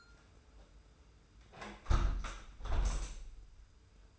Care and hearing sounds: daily activity, microphone in the room; close window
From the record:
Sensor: 2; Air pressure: 991.2 hPa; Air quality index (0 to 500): 136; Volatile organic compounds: 202 ppm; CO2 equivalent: 4220 ppm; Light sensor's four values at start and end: 38/109/43/41 and 38/109/43/41

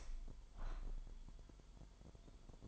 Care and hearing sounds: daily activity, microphone in the room; open window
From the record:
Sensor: 5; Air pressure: 998.6 hPa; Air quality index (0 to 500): 104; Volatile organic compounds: 2 ppm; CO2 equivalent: 1204 ppm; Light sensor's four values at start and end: 43/106/44/50 and 43/106/44/50

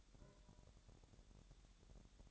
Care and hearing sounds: daily activity, microphone in the room; take from stove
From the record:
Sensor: 3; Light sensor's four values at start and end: 121/285/118/107 and 121/285/118/107

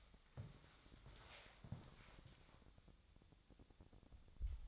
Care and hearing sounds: daily activity, microphone in the room; walk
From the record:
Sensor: 3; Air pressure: 1000.5 hPa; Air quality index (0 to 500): 166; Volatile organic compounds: 3 ppm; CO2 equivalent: 1447 ppm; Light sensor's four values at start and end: 17/45/18/20 and 17/45/18/20

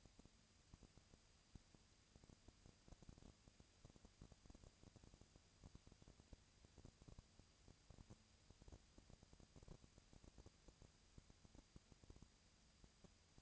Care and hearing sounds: daily activity, microphone in the room; no activity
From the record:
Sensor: 2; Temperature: 20.1 degrees Celsius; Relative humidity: 35.5%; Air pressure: 997.0 hPa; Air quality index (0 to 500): 197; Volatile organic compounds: 30 ppm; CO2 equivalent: 2958 ppm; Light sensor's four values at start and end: 2/3/2/2 and 2/3/2/2

